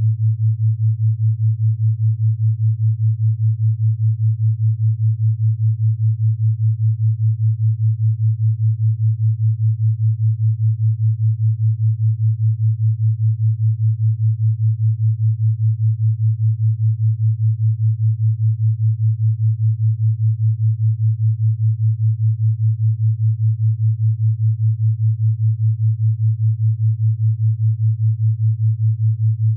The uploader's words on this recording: Binaural Beats_15 Minutes Pure Theta Waves 5 Hz.